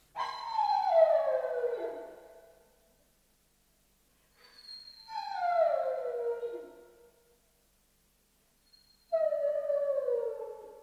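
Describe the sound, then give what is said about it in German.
A dog howls three times on a sultry day, each long mournful cry sliding downward in pitch, separated by short silent pauses. The howls are clear and fairly loud, with no voices. “Warum nur heult der Hund?”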